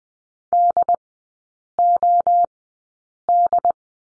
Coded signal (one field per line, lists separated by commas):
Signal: Morse code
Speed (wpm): 20 wpm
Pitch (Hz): 700 Hz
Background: none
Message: DOD